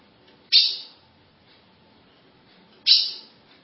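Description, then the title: Ultramarine grosbeak giving two loud, sharp chipping notes about two seconds apart, each with a quick fading tail, over quiet background. "Azulao"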